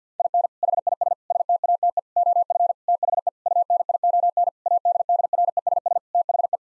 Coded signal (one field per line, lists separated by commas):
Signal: Morse code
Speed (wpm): 50 wpm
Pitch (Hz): 700 Hz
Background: none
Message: IN HIS STATE OF THE UNION ADDRESS THE